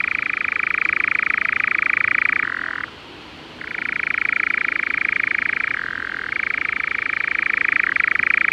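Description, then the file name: European nightjar giving a sustained, rapid rattling churr, breaking off for under a second near three seconds, then resuming with small shifts in pitch. "European Nightjar (Caprimulgus europaeus)"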